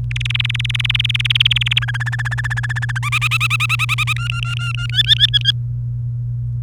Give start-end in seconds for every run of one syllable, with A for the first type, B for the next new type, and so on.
0.11-1.79 A, 1.82-2.98 B, 3.03-4.13 C, 4.16-4.87 D, 4.89-5.50 E